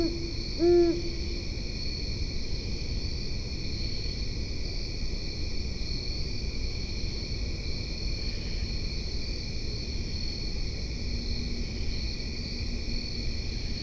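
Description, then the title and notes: Great horned owl: one low, brief hoot early on, then continuous shrill insect chirring and a dull background rumble. Possibly a male, deeper hoot; West Grove Dog Park, Alexandria/Fairfax County, Virginia; 4am, 11 September 2015, 70 degrees; Fostex FR-2, Sennheiser ME62, Telinga parabola. "Great Horned Owl recorded at West Grove Dog Park (Alexandria/Fairfax County, VA)"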